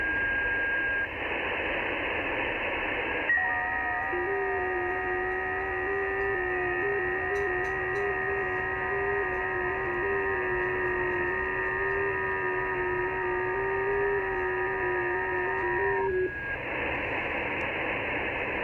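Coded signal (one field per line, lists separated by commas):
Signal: FT8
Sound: several soft warbling tones at different pitches for about 13 seconds, over hiss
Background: radio static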